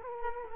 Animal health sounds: mosquito wingbeat signal from an infrared sensor; Culex quinquefasciatus

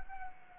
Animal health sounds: mosquito wingbeat signal from an infrared sensor; Anopheles gambiae

